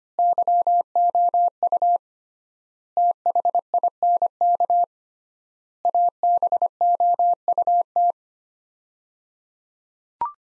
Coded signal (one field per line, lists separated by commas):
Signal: Morse code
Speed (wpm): 25 wpm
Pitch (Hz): 700 Hz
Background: none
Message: YOU THINK ABOUT